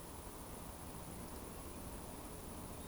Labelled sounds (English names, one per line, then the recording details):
Eurasian Woodcock whistle
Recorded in Baden-Württemberg, Germany, on 25 June 2020 at 19:44 UTC
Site 24578, 122 m above sea level